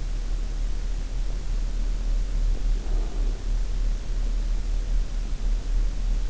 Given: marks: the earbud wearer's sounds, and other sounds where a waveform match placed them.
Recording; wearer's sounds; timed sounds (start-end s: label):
sounds in sleep by an in-ear microphone; breath
2.45-3.64 s: breath